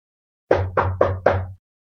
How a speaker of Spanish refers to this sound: «Vamos a tocar la puerta». Y en efecto fueron y tocaron la puerta.